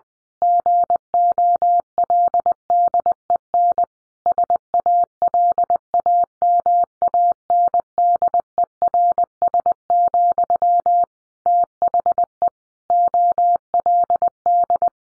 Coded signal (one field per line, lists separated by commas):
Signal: Morse code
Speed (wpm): 20 wpm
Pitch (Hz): 700 Hz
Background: none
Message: GOLDEN SALAMANDERS, THE OLD